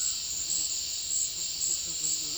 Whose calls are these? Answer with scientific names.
none